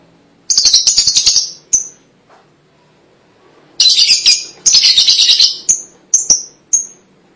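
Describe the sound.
Lovebird calls: bursts of harsh, high chattering, each followed by short, sharp, high-pitched chirps.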